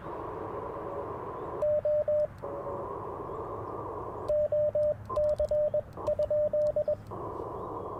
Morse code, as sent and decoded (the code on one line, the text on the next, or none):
--- / --- -.-. ..--..
O OC?